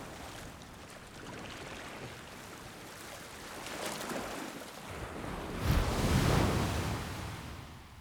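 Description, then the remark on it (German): Sea waves of a rising tide wash in a steady, hissing rush around a rock in open sea, amid fog as night falls, swelling into one louder, fuller surge of breaking water toward the end before easing slightly, with a windy roar beneath and no voices. “Als Sieur Clubin sich auf der Klippe sah, inmitten des Meeres und des Nebels, dem Tod anheimgegeben, allein zwischen der steigenden Flut und der hereinbrechenden Nacht, da empfand er eine tiefe Freude.”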